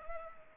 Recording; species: mosquito wingbeat signal from an infrared sensor; Culex pipiens